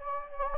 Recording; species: mosquito wingbeat signal from an infrared sensor; Anopheles gambiae